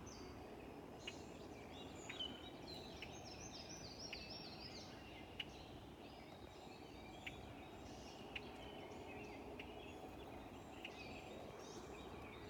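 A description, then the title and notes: A red-winged blackbird scolds with repeated harsh, buzzy calls, bunched around three to five seconds and then scattered through the rest. Sharp clicks and chips punctuate the calls every second or two. A steady low rumble of noise sits underneath throughout. Red wing blackbird mad at me. I think this is actually its normal call.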